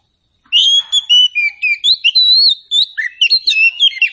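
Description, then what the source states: Oriental Magpie-Robin song of clear, loud whistled notes, some steady and some sliding, delivered in quick succession with short chirpy breaks. Meant to prompt a bird to sing in reply.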